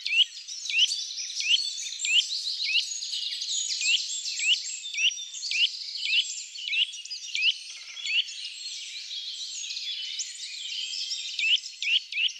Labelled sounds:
Eurasian Nuthatch song
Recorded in the wild
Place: Lilienhof / Kaiserstuhl, Baden-Württemberg, DE
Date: 2009-04-13
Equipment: MiniDisc Sharp MT 20 H
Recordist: Schwarz, Dieter

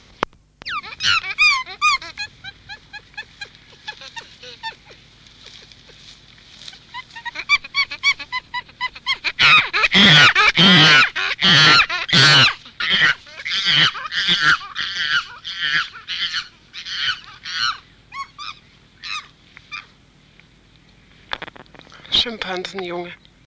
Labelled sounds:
Chimpanzee call
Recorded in captivity
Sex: male
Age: juvenile
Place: Tierpark Berlin, Berlin, DE
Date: 1966-06-09
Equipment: Englisches Reportergerät, Kopie Qualiton
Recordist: Altmann, Dagmar

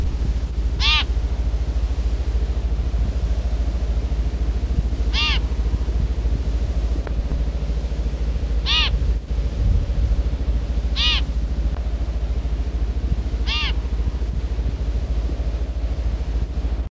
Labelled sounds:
Pririt Batis call
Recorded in captivity
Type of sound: call
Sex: female
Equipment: Halbspur, 9,5 cm/s
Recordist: Lütgens, Hans
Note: Weibchen

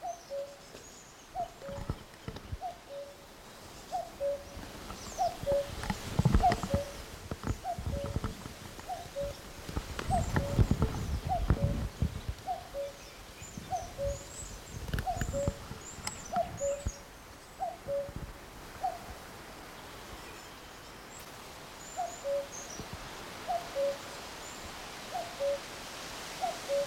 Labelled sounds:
Common Cuckoo call
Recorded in the wild
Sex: male
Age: adult
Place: Mühlenbeck, Brandenburg, DE
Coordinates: 52.667, 13.37
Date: 1992-06-08 11:20
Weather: sonnig (heiter) 21-22°C, böiger Wind
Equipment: Nagra SN, Mikrofon AKG CK 8, Kopie Tesla B 116
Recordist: Tembrock, Günter

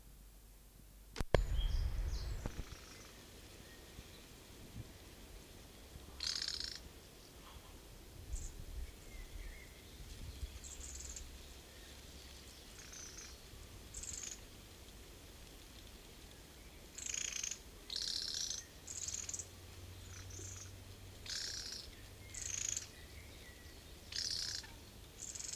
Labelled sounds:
Mistle Thrush alarm call
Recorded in the wild
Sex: male
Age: adult
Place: Schloß Holte-Stukenbrock, Senne, Nordrhein-Westfalen, DE
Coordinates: 51.8736, 8.66139
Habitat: edge of the woods
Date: 1969-06-08
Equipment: Uher 4000 Report-S, Bändchenmikro Beyer M 260, Parabolspiegel Polyester (470 mm)
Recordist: Conrads, Klaus

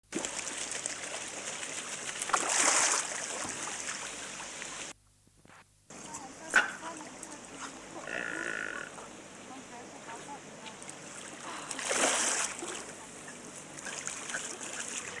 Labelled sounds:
Flying Steamer Duck call
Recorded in captivity
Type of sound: call
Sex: male
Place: Tierpark Berlin, Berlin, DE
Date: 2004-09-14 16:20
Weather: sunny, 20°C
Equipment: Sony WM-D6C, Sennheiser ME 80, Kopie Uher 4000 Report Monitor
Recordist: Tembrock, Günter
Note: Laute des Männchens

